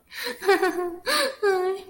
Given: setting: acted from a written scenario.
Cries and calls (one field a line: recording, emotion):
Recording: vocal sound without words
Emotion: pain